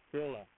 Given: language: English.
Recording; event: throat vibration sensor signal played as sound; speech